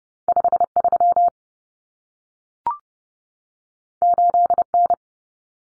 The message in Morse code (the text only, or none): 53 8N